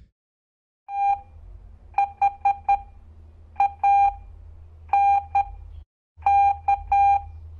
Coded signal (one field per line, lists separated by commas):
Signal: Morse code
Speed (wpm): 10 wpm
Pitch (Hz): 800 Hz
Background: none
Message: THANK